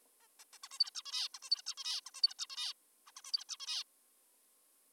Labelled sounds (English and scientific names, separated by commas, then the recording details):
Zebra Finch (Taeniopygia guttata)
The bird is an adult
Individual g19o3U